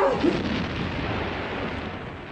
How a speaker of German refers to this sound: Was waren wieder Fliegerbomben auf die Batterie?